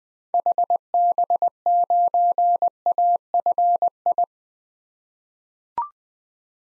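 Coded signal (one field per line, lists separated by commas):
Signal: Morse code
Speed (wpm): 20 wpm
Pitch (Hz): 700 Hz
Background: none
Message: HB9AFI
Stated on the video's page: Morse code drill sending common SOTA activator call signs at 20 wpm for head-copy practice, each sent before and after being spoken.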